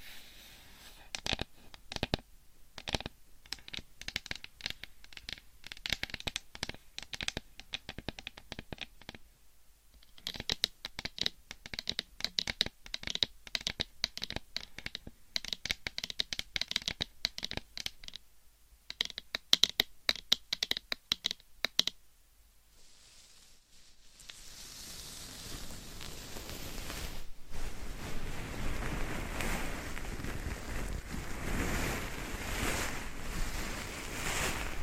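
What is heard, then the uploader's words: Crisp scratching and tapping with fingernails, made of dense bursts of quick bright clicks in rhythmic runs, broken by brief pauses near 9 and 18 seconds. After a short silence around 23 seconds, the sound turns to a steady, fuller rubbing hiss that continues to the end. ASMR Scratching , Tapping & Massage with DIFFERENT Mics , Items & Nails No Talking.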